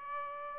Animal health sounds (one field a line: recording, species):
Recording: mosquito wingbeat signal from an infrared sensor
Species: Aedes albopictus